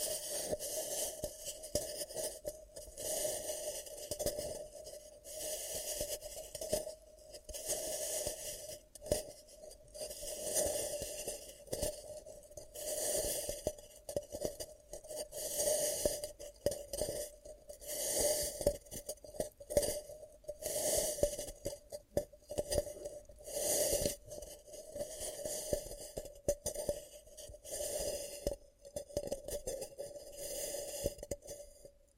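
Ear cupping sounds for ASMR: soft, muffled rubbing and cupping swells that rise and fall every second or two over the full half minute. Bursts of bright, airy hiss and faint scraping textures ride over a steady low hum that never stops.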